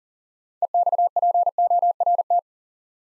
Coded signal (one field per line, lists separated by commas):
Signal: Morse code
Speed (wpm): 40 wpm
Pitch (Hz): 700 Hz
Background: none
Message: EXPORT